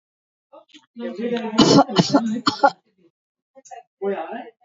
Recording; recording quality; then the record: shallow voluntary cough; excellent, no background noise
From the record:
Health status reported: healthy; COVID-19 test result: negative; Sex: female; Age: 49 years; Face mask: not worn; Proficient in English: yes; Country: India